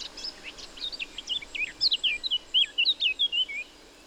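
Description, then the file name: Eurasian blackcap song, opening with soft twittering and breaking into a run of loud, pure, fluty whistles that fall slightly in pitch before stopping. "Sylvia atricapilla"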